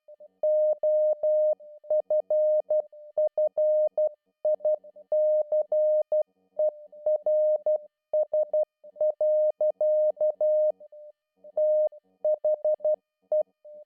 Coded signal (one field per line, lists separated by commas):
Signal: Morse code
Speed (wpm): 12 wpm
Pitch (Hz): 610 Hz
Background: music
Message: OFFICERS. THE